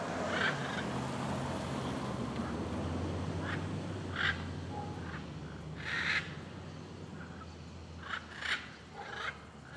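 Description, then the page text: Blue-and-yellow macaws giving scattered raspy squawks above a constant low rumble like passing traffic. Many macaws calling on a street in Alto Paraíso, Goiás, Cerrado, Brazil, with cars passing. "Rua em Alto Paraiso com muitas araras cantando e carros passando. Arquivo de Arara-canindé - Coleção Sonora do Cerrado"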